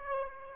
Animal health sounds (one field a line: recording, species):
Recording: mosquito wingbeat signal from an infrared sensor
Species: Aedes aegypti